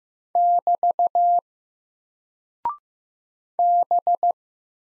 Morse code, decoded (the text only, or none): <BT> B